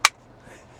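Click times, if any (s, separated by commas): 0.1 s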